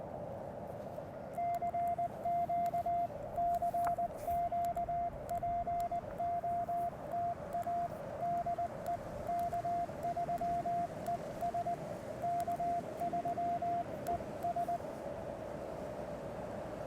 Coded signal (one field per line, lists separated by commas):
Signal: Morse code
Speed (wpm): 20 wpm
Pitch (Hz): 690 Hz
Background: radio noise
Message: CQ CQ POTA DE K3ES K3ES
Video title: QRP and Friends: A Two-Fer POTA Activation with Brian (K3ES)!